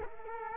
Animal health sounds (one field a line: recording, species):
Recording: mosquito wingbeat signal from an infrared sensor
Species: Culex quinquefasciatus